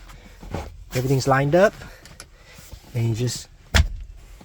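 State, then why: Seated. The end fitting of a Schroth Quick Fit Pro 4-point harness belt is pushed down onto its lined-up rear seat belt anchor in a BMW E92 M3 while someone talks. A sharp click is heard at 3.8 s as the fitting seats and locks into the rear mount.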